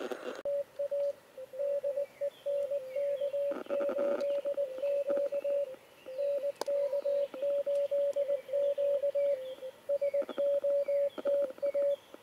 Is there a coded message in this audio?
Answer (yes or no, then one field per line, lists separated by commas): yes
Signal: Morse code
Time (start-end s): 0.5-11.9 s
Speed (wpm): 19 wpm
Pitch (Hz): 570 Hz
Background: radio noise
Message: TA DE NK8Q NK8Q SOTA